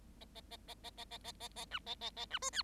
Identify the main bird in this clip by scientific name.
Lonchura striata domestica